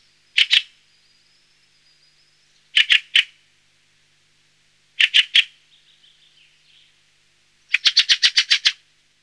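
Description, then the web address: Fieldfare calls: harsh, dry chacks, a single note, then bursts of two and three, then a rattling run of about seven. "Räkättirastas. nauhalaisen aanimaailmat"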